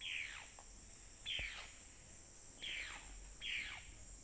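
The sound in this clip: Four loud descending bird calls, each a quick downslur, arriving irregularly over four seconds, with a persistent high insect whine in the background.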